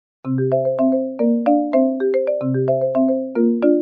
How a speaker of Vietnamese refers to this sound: Điện thoại Tần Châu lại vang lên.